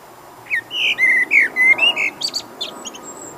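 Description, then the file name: Common blackbird song phrase: rich, slurred flute-like notes rising and falling, followed by a quieter burst of high, thin twittering. "Turdus merula"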